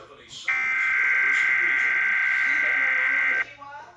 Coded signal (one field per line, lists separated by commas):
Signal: Emergency Alert System (SAME) tones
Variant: header bursts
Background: speech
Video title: Return of the EAS Count…EAS Alerts From March 7-8, 2024 (NEW EAS #1-39)